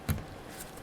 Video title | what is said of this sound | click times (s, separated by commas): How to Install Tow Mirrors Dodge Ram 1500 2002-08 | go ahead and put in the mirror harness here give it a nice click | 0.1 s